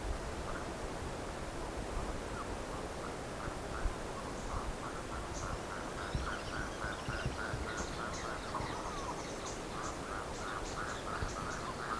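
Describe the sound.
Birds calling, a steady chorus of short mid-pitched notes repeated throughout, with higher thin chirps joining in the second half over constant background hiss.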